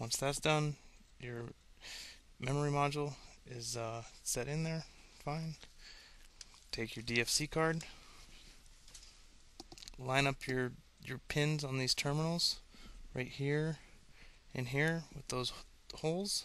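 Someone talks while handling a Cisco DFC 3 forwarding daughter card, lining its pins up with the terminals on a network line card before pressing it home. Only faint handling ticks are heard between the words, and the card has not seated or clicked yet.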